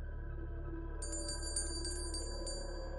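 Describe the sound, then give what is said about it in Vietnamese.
A small antique bronze bell, held in a master's right hand during a ritual to remove yin energy, rings out three times in a quick series of bright, high-pitched strikes, each note lingering and overlapping the next, over a steady low background hum with no talking. “Ba hồi chuông vang lên, thầy Tùng lẩm bẩm trong miệng những tiếng rì rầm”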